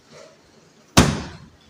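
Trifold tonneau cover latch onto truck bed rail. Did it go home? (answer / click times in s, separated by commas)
yes / 1.0 s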